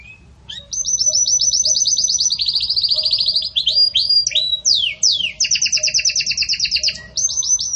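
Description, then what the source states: Belgian canary song of fast rattling high trills that shift in pitch, broken by a few slurred downward notes before the trilling resumes. Pure "campainha" song style delivered with pauses, for training.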